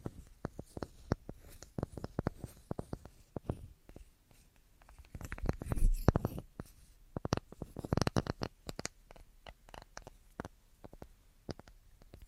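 Tapping in irregular bursts of sharp clicks, thickening into dense clusters around six and eight seconds, then thinning into scattered taps.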